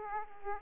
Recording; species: mosquito wingbeat signal from an infrared sensor; Aedes aegypti